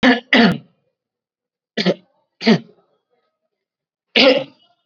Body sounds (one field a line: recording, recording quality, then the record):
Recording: heavy voluntary cough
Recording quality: excellent, no background noise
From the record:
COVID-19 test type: RT-PCR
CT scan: not taken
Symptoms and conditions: none ticked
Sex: male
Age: 21 years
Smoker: no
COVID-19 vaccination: both doses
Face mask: worn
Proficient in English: yes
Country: India